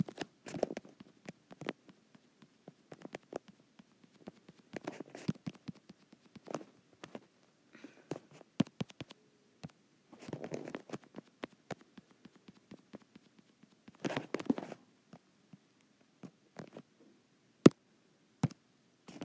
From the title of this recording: ASMR Touch Screen